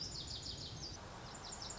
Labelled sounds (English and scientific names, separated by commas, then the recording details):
Lazuli Bunting (Passerina amoena)
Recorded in Sonoma County, California